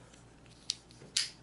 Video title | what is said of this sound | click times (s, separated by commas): Gerber Edict Tanto | can hear that click click I found | 0.7 s, 1.2 s